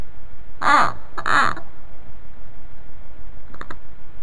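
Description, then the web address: Common hamster giving harsh, raspy calls, two short grating bursts close together, then a fainter third after a pause, with a quiet steady hiss. Male calling a female. "karbysh zovet samku"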